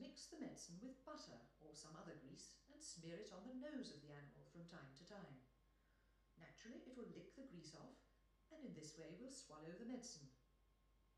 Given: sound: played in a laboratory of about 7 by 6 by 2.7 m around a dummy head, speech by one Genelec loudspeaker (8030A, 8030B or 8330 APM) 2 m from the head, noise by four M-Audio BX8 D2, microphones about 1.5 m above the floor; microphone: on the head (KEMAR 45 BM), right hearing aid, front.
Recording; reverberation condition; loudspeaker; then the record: female speech in English; medium; behind (180 degrees)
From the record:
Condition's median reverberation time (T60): about 510 ms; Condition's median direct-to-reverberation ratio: about -0.5 dB